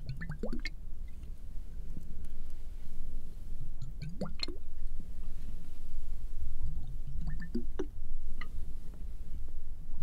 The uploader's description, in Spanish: gotas cayendo, pulverizadores de agua